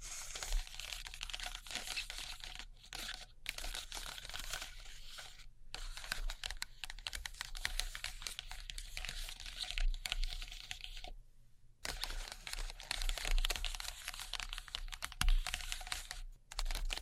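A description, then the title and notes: Continuous crinkly, crackling handling noise, like sticky tape being pulled and pressed or slime being worked, with dense fast clicks and bright hiss. Brief silent breaks cut in near 3, 5.5 and 16 seconds, and a longer pause around 11 seconds. ASMR Neon Triggers（no Talking）. Slime. Sticky Tape.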